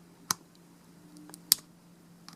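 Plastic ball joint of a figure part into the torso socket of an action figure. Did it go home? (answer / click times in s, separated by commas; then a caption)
yes / 0.3 s, 1.5 s. A plastic ball joint on a build-a-figure limb of a Black and Gold Legacy Dino Megazord action figure is pushed into the torso socket. Two sharp clicks at 0.3 s and 1.5 s mark the joint seating, with fainter ticks between them and near the end over a low steady hum. The joint clicks and locks into place and is not too loose.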